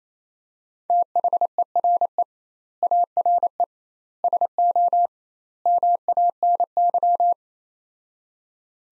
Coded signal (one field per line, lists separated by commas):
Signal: Morse code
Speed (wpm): 28 wpm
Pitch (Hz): 700 Hz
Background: none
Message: THERE ARE SO MANY